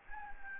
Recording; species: mosquito wingbeat signal from an infrared sensor; Anopheles gambiae